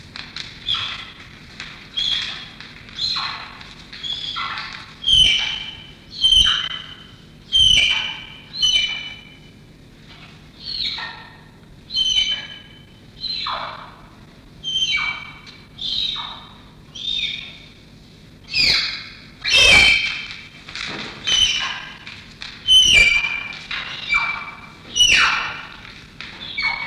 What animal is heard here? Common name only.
Malayan Tapir